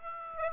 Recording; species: mosquito wingbeat signal from an infrared sensor; Aedes aegypti